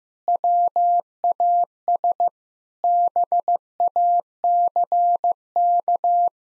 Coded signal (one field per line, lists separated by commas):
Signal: Morse code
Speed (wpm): 16 wpm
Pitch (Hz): 700 Hz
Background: none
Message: WAS BACK